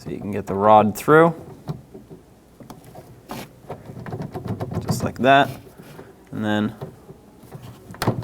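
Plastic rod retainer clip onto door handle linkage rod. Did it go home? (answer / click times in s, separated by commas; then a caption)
yes / 8.0 s. Someone talks while the metal exterior handle rod is passed through on a 2008-2020 Dodge Grand Caravan front exterior door handle, with soft handling taps and rattles. The plastic retainer clip is pressed over the rod on the door handle linkage and snaps with a sharp click at 8.0 s, locking the clip in place.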